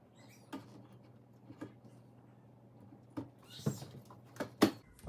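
The motor end of a motorized Savant window shade roller is slipped into its mounting bracket, with soft handling knocks and taps along the way. A loud, sharp snap at 4.6 s marks the motor end seating in the bracket.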